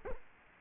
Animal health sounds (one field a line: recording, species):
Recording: mosquito wingbeat signal from an infrared sensor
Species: Culex quinquefasciatus